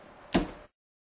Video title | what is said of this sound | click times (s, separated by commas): How to change a watch battery- Star Struck LLC -part6 | squeeze the handle gently until you hear the case snap together | 0.3 s